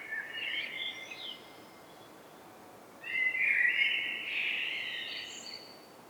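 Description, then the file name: Common blackbird song: two mellow warbled phrases, the first brief and ending in a high squeak, the second longer and richer, separated by a quiet pause. "Turdus merula"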